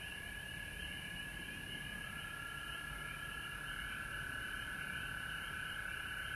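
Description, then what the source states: Frogs calling in a dense chorus, a steady mid-pitched trill with a higher pulsing band above it, continuous throughout, over a low rumbling background. Recorded at home in Georgia on March 19, 2020.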